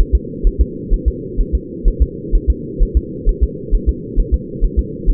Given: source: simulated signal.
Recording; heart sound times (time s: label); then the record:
fetal heart sounds
0.00 s: S1
0.15 s: S2
0.47 s: S1
0.61 s: S2
0.93 s: S1
1.08 s: S2
1.41 s: S1
1.55 s: S2
1.88 s: S1
2.02 s: S2
2.35 s: S1
2.50 s: S2
2.82 s: S1
2.97 s: S2
3.29 s: S1
3.43 s: S2
3.74 s: S1
3.89 s: S2
4.20 s: S1
4.34 s: S2
4.64 s: S1
4.79 s: S2
5.10 s: S1
From the record:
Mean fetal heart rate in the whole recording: 130 bpm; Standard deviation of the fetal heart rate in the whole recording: 4 bpm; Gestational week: 38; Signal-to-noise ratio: -4.1 dB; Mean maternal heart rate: no maternal heart sound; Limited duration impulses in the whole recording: absent